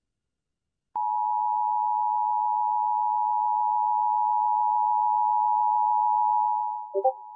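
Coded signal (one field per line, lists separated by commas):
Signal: Emergency Alert System (SAME) tones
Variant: 853 and 960 Hz attention tone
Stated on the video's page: Real Flash Flood Warning on AM 820 radio.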